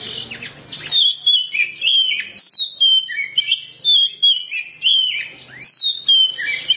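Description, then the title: Oriental magpie-robin singing varied whistled phrases with sharp downslurred notes. "Kacer6"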